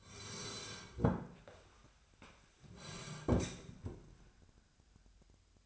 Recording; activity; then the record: daily activity, microphone in the room; sit down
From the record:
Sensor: 2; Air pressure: 1015.1 hPa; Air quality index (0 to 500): 164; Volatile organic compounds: 8 ppm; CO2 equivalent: 2124 ppm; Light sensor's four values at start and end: 12/33/13/14 and 12/33/12/14